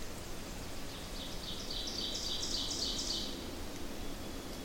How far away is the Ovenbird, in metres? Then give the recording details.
about 40 m. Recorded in boreal forest in Alberta, Canada, on 8 June 2016 at 06:09. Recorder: SongMeter 3, array SBT-3-9. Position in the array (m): 50 m, 107 m. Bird 33